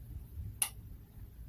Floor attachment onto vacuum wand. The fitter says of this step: hear that click click goes in